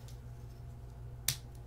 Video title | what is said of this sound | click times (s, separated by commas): INNOVV C3: Snake Camera Review | Locks into place. | 1.3 s